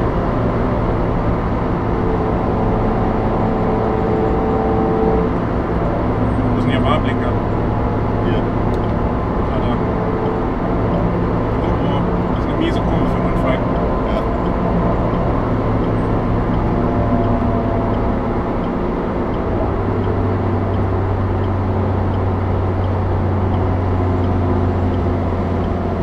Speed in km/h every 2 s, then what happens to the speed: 115, 112, 114, 111, 113, 115, 117, 115, 106, 103, 97, 95, 92.
0-14 steady at about 114. 14-26 slows to 92.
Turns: none.